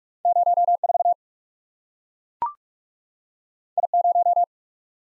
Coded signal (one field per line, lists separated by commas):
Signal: Morse code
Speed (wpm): 44 wpm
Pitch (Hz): 700 Hz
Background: none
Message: 0 4 I 0